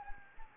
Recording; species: mosquito wingbeat signal from an infrared sensor; Anopheles gambiae